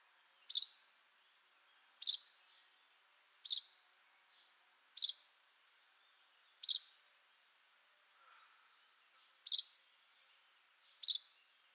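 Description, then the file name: Common chaffinch repeating a sharp, high chip note seven times over about twelve seconds, with faint softer notes between some calls. "Fringilla coelebs"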